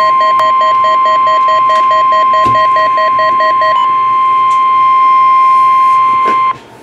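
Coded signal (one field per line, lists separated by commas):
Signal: Emergency Alert System (SAME) tones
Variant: 1050 Hz attention tone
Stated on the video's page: Required weekly test SAME tones from NOAA Weather Radio station in Michigan City, Indiana, Northern Indiana NWS office.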